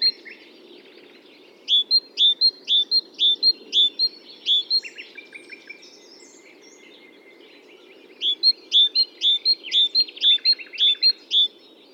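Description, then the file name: Great tit singing rapid, ringing two-note phrases in two runs of roughly three seconds, with a few lower buzzy notes mixed in, over a constant low rumble. "Parus major"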